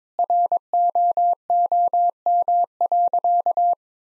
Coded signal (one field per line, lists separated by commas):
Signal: Morse code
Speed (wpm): 22 wpm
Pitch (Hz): 700 Hz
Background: none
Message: ROOM.